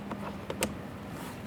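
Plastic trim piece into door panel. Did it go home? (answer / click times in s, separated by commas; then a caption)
no / none. A plastic door trim piece with locking tabs is aligned with its ports and pressed in toward the door panel of a 2015-2020 Ford F-150. Faint handling taps and rubs over a low steady hum are heard, with the sharpest brief tick at 0.6 s. The clip ends before the part goes home, so nothing has seated or clicked yet.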